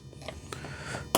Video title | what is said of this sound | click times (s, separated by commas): WARNING FREEWING 90MM F-15C DO NOT REPEAT MY SCREW UP! #aviation #rc | Okay, see that one popped into place? | 0.5 s